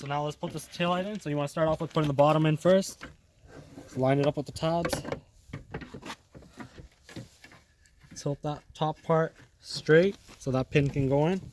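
Someone talks while lining up the bottom of a plastic taillight housing with the tabs on the body of a Hummer H3 before pushing it in. Faint, short handling taps and knocks are heard between about 5.5 and 7.4 seconds. Nothing has seated or clicked yet.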